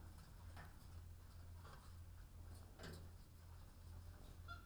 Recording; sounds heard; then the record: poultry house recording; sick chickens (respiratory disease)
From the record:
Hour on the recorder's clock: 13